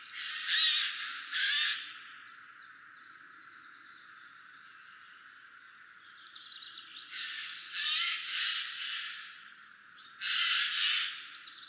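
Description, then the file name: Eurasian jay giving harsh, rasping screeches in two bursts near the start, then a broken series of similar hoarse calls later. "Garrulus glandarius"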